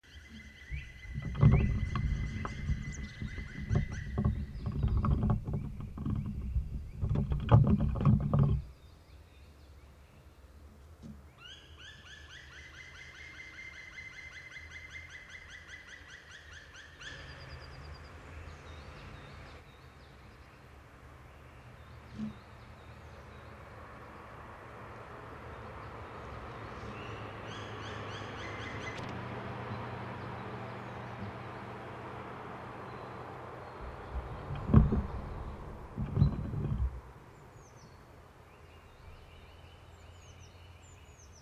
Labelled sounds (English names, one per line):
Black Woodpecker